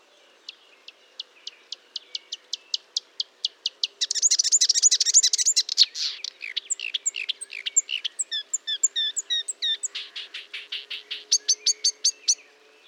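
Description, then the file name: Marsh warbler singing, opening with a steady series of sharp ticks, then breaking into a dense buzzy burst followed by quick varied chirps and rattling notes. Recorded at Fontaine-Française (Fourneau), France, on 1 June 2022 at 10:55, with Nagra and Telinga equipment. "Rousserolle verderolle 1055 Fontaine-Francaise-Fourneau"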